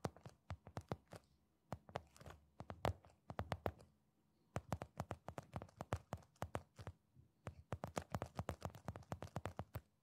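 Sharp tapping and light scratching of hands, in quick irregular bursts throughout, with a short pause near four seconds and a faint low hum underneath.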